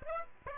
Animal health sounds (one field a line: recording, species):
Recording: mosquito wingbeat signal from an infrared sensor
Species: Aedes aegypti